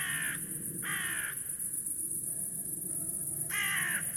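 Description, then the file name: Carrion crow cawing, two quick hoarse calls, a pause, then a third caw at the end. "Corvus corone"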